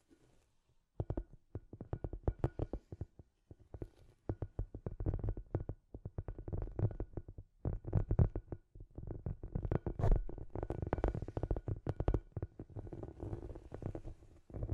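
Dense, scratchy tapping starts after a second and continues in rapid irregular bursts with brief pauses, mostly low and gritty with occasional brighter clicks.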